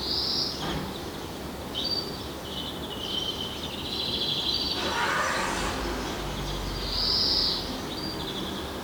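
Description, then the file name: European greenfinch twittering calls, a short burst near the start, a longer trilled run in the middle and a brighter note near the end, over steady background hiss. "Chloris chloris"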